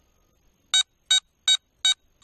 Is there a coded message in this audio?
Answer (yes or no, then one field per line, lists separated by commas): no